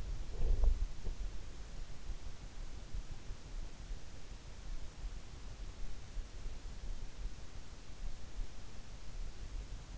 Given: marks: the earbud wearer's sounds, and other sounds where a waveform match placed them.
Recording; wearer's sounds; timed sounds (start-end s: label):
sounds in sleep by an in-ear microphone; breath
0.00-1.36 s: breath